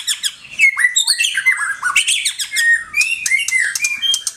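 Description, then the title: Oriental magpie-robin delivering loud, energetic song of clear whistles mixed with buzzy chatter and fast trilled notes, nonstop throughout. "Kicau Kacer"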